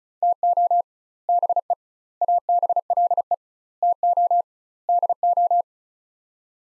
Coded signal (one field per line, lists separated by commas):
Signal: Morse code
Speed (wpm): 36 wpm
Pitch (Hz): 700 Hz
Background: none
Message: TO BE ABLE TO DO